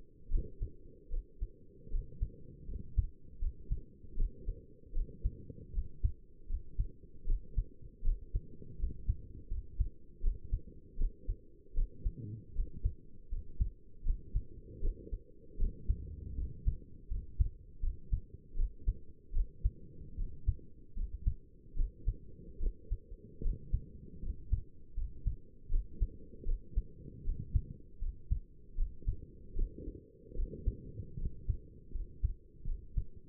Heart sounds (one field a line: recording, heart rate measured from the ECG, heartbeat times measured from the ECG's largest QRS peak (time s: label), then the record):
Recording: heart sounds by stethoscope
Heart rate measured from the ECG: 78 bpm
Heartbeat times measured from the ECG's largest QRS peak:
0.31 s: heartbeat
1.11 s: heartbeat
1.92 s: heartbeat
2.68 s: heartbeat
3.41 s: heartbeat
4.17 s: heartbeat
4.94 s: heartbeat
5.74 s: heartbeat
6.49 s: heartbeat
7.27 s: heartbeat
8.04 s: heartbeat
8.79 s: heartbeat
9.51 s: heartbeat
10.23 s: heartbeat
10.99 s: heartbeat
11.76 s: heartbeat
12.56 s: heartbeat
13.32 s: heartbeat
14.06 s: heartbeat
14.82 s: heartbeat
15.59 s: heartbeat
16.38 s: heartbeat
17.11 s: heartbeat
17.83 s: heartbeat
18.57 s: heartbeat
19.34 s: heartbeat
20.18 s: heartbeat
20.97 s: heartbeat
21.77 s: heartbeat
22.61 s: heartbeat
23.43 s: heartbeat
24.23 s: heartbeat
24.97 s: heartbeat
25.71 s: heartbeat
26.47 s: heartbeat
27.25 s: heartbeat
28.02 s: heartbeat
28.78 s: heartbeat
29.56 s: heartbeat
30.37 s: heartbeat
31.19 s: heartbeat
31.94 s: heartbeat
32.67 s: heartbeat
From the record:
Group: healthy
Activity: cold pressor test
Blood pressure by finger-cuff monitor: 107/71 mmHg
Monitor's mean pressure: 82 mmHg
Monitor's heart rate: 77 bpm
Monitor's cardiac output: 6.8 L/min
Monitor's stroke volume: 88 mL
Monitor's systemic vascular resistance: 880 dyn s/cm5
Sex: male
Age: 22 years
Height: 181 cm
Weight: 79 kg